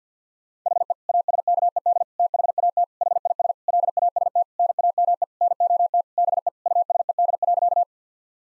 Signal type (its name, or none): Morse code